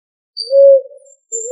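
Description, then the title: Pigeon coo, a single drawn-out low hum that fades, followed by the start of another rising note. "Familia Columbidae Pomba"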